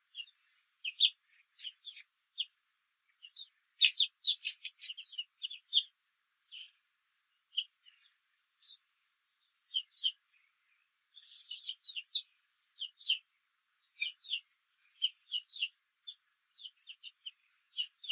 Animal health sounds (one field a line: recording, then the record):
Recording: young laying hens in a cage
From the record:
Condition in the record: control cage, after the stress test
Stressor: none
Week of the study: 4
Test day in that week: 1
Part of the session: 2